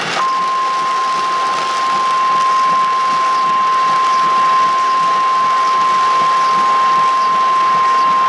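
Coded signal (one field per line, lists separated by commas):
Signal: Emergency Alert System (SAME) tones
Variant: 1050 Hz attention tone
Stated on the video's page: NOAA weather radio tornado warning heard in a chase vehicle amid extremely heavy rain, wind noise and two-way radio traffic.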